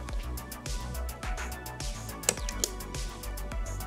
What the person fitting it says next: was a double jointed click not quite as satisfying as it should have been